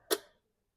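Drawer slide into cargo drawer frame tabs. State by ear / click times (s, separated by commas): seated / 0.1 s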